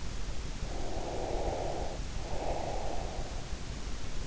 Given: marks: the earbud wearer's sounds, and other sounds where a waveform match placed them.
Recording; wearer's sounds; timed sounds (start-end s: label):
sounds in sleep by an in-ear microphone; breath
0.58-3.50 s: breath